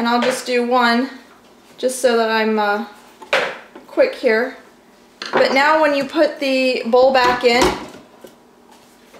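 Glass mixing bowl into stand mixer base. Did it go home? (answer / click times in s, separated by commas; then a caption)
no / none. Someone talks while a glass mixing bowl is handled and being set back onto a KitchenAid stand mixer base, with a sharp knock around 3.3 seconds. The bowl has not yet locked into place; nothing has seated yet.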